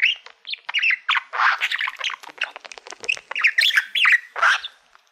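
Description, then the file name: Budgerigar chattering, a busy run of harsh squawks and chirps mixed with warbling notes, nearly continuous. "Budgie Sounds"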